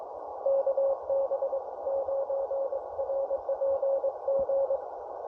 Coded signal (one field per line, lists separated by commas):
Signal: Morse code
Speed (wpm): 22 wpm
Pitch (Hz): 550 Hz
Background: radio noise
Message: KB9RPG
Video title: CW POTA Activates Secret Agent